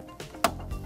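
The plastic front bezel of a ThinkCentre M83/M93p Small Form Factor desktop, with its three hinge clips lined up in the three holes inside the chassis, is swung closed like a door and its clips are pressed inward. A faint knock at about 0.2 s is followed by one sharp, loud snap at 0.5 s, and the bezel is seated and secured to the chassis.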